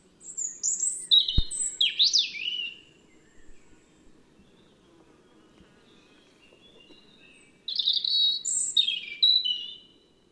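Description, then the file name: European robin delivering two sparkling phrases of high warbled notes with a long pause between; a sharp click sounds early on. "Erithacus rubecula"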